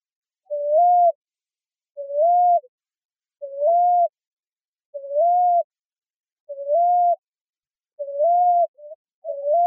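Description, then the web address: Common ground dove giving soft, low cooing notes, each rising slightly then leveling, repeated steadily about every one and a half seconds, several coos in a quiet setting. Recorded in Arizona on 1 July 2006. "Doves AZFO COGD. deviche"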